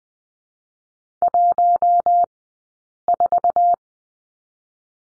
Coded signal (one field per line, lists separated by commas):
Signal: Morse code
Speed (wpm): 20 wpm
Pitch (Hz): 700 Hz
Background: none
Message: 14